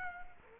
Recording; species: mosquito wingbeat signal from an infrared sensor; Culex quinquefasciatus